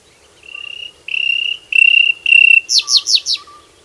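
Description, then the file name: Common nightingale song phrase: four loud whistled notes held steady, then a quick series of a few rapid falling notes. "Luscinia megarhynchos"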